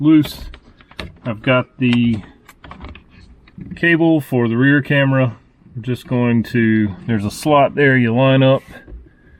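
A rear dashcam cable connector is lined up with the slot in its mating extension cable connector at the loosened headliner while someone talks, with a few faint handling ticks around 2.5 to 3.5 seconds. Nothing has seated or clicked yet.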